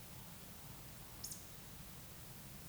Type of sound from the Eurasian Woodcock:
whistle, croak